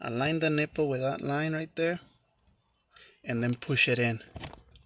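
During a clockspring replacement on a 2004 to 2009 Sportage Tucson, someone talks while the clockspring and steering wheel assembly is lined up, with its nipple set against a mark, and pushed onto the steering column spline. A few faint, brief taps occur near the end. Nothing has seated or clicked into place yet.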